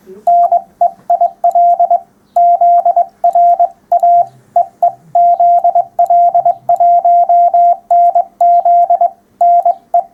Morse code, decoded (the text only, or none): NEIL ZR A EE ZL1NZ NE